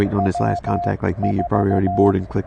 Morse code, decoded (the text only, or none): W4